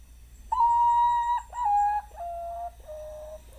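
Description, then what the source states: Common Potoo call: four clear whistled notes, each held, stepping lower in pitch. Call likened to a first try at an ocarina, going just below its register and not quite hitting the low notes, in tune for the first half.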